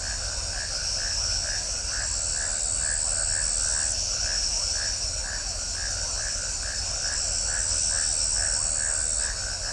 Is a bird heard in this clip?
no